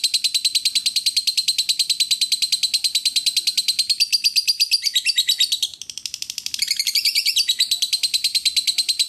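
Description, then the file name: Lovebird producing continuous rapid, shrill pulsed chatter, briefly breaking into a scratchier, more broken passage midway before the even stream resumes. "suara lovebird asli"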